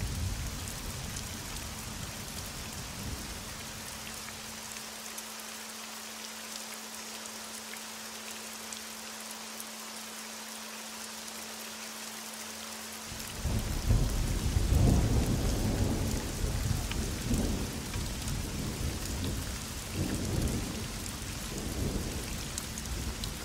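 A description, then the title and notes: Steady rain hisses throughout a thunderstorm, falling densely and evenly with a faint low hum in the first half. Around thirteen seconds a deep rumble of thunder rolls in and swells, continuing in uneven waves to the end over the constant rain. Nature Sounds: Thunderstorm.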